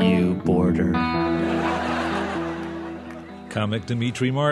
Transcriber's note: soundbite of laughter